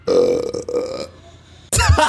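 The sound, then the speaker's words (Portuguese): A long, low, gravelly burp sound effect rumbles for about a second, then fades into a quiet lull before a sudden loud, warbling vocal burst. “Ela baixou um som ai, de arroto.”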